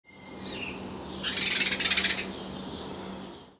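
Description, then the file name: House sparrow giving a rapid rattling chatter of about a dozen harsh pulses lasting around a second, over a steady low hum, with a brief thin call before it. "Passer domesticus"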